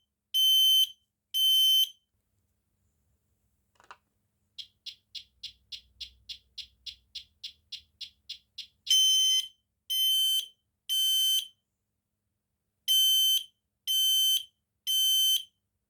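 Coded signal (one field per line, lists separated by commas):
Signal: alarm pattern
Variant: smoke detector, temporal three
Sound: shrill 3 kHz beeps: two, a burst of about 12 chirps, then two sets of three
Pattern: temporal three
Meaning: Temporal-3 pattern signals evacuate, fire or smoke detected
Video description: see how it takes a while to fully go code 3 (temporal 3)? However, it does respond to smoke very well!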